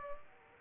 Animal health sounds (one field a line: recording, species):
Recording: mosquito wingbeat signal from an infrared sensor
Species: Aedes aegypti